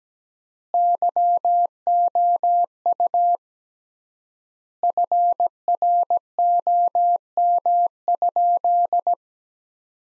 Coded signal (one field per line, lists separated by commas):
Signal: Morse code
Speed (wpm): 17 wpm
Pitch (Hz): 700 Hz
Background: none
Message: YOU FROM?